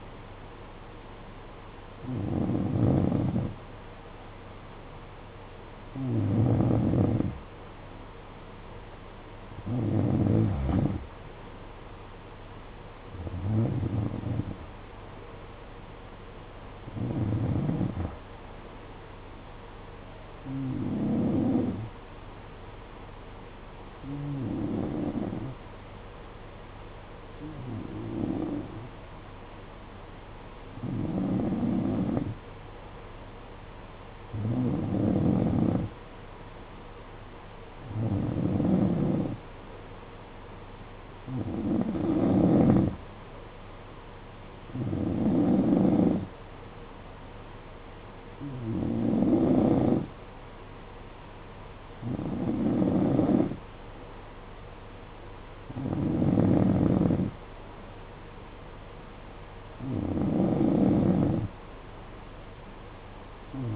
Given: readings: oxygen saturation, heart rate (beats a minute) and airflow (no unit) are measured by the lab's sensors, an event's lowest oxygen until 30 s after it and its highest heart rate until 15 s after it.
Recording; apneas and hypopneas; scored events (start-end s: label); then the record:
breathing in sleep by a voice recorder at the bedside; none
none scored
From the record:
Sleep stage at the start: N3 (deep sleep); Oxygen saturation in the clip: 90 to 92%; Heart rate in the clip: 54 to 64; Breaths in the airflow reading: 17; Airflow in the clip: -10.4 to 6.5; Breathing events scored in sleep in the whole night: 476 in 9.7 hours asleep